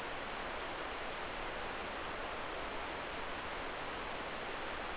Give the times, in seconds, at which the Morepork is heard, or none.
none